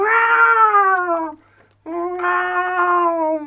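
A cat gives two long, drawn-out meows separated by a short pause, each loud and strongly tonal, sliding slowly downward in pitch as it fades.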